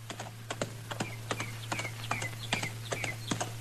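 Horse hooves clip-clop at an even walking pace, sharp knocks falling in loose pairs, with faint high chirps and a steady low hum running beneath.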